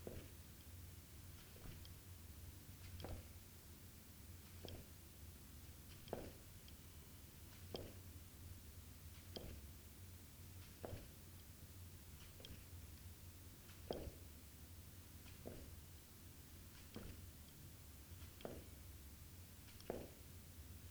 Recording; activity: daily activity, guitar pickup as the sensor; jump